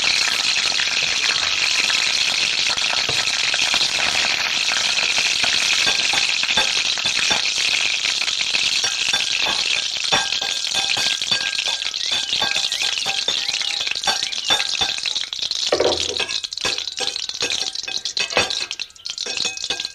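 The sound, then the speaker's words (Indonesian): Fish frying in a pan over a blue stove flame in a kitchen gives off a loud, steady crackling sizzle, with scattered pops and a few metallic clinks and rattles of stirring toward the end. “Hei, lihat, sekarang aku sudah berteman dengan panci untuk memasak air, lalu bersama penggorengan untuk menggoreng ikan.”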